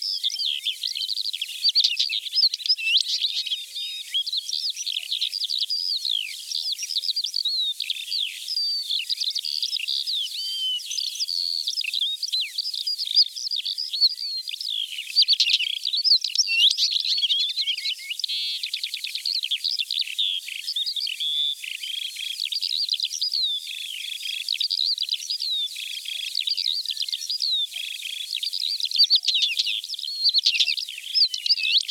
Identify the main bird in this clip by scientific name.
Oenanthe oenanthe